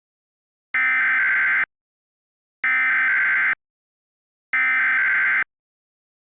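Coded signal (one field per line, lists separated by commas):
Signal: Emergency Alert System (SAME) tones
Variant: header bursts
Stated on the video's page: Fictional EAS scenario whose audio was made in 2020, with an added effect.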